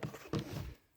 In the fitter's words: again just give it a little click so it can't go anywhere so